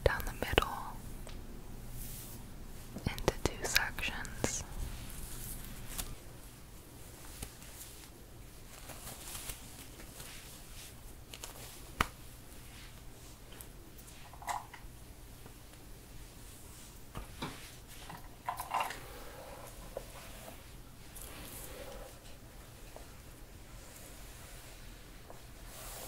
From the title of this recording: hair brushing, hair play, hair styling